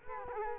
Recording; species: mosquito wingbeat signal from an infrared sensor; Culex quinquefasciatus